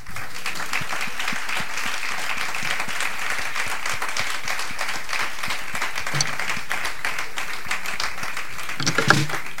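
An audience applauds the drummer steadily for nearly ten seconds, a dense, even wash of many hands clapping at a constant loud level, with a few brighter claps near the end and no talking.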